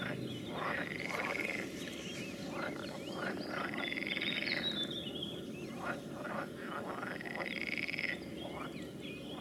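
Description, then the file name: Frogs calling in a dense chorus, rasping trills and bursts over a steady background hiss. "Nature Recordings - Frogs"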